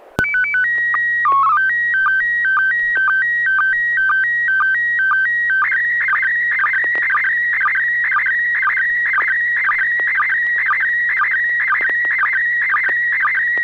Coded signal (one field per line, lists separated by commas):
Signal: SSTV (slow-scan television)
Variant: PD 120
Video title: N6NA SSTV Net - 10/19/2022